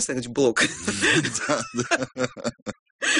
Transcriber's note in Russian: смеются